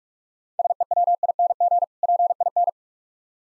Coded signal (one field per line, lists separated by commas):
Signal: Morse code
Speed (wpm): 50 wpm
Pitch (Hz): 700 Hz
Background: none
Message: SEWING PIN